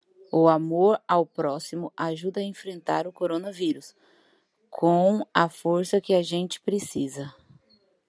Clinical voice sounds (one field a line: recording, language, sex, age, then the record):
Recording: spoken sentence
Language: Brazilian Portuguese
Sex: female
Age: 30 to 39 years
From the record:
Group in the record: control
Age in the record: 35 years